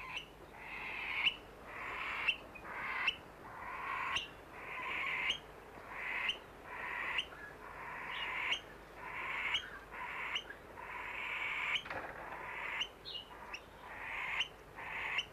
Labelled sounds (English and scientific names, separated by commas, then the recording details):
Eurasian Stone-curlew (Burhinus oedicnemus) call
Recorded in captivity
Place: Waren, DE
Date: 1976-09-13
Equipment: Halbspur, 9,5 cm/s
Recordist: Lütgens, Hans